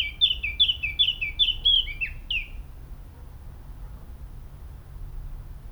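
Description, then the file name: Eurasian blackcap: songbird giving a quick run of bright, fluty two-part whistles for about two and a half seconds, then silence apart from faint low background noise. "Sylvia atricapilla"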